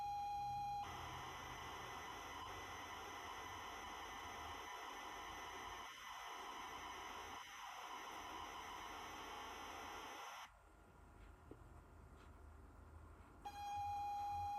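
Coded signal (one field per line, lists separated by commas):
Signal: ZX Spectrum tape loading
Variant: Sinclair ZX Spectrum +2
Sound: brief steady pilot tone, then loud harsh data screech, a lull, then pilot tone again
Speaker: To escape, we can press break twice, but we're going to watch this load right now.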